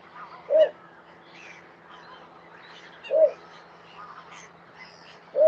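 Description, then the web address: Bittern calls: a short, deep, hollow note repeated about every two and a half seconds, with faint background twittering between notes. "animal-sound bittern-sound"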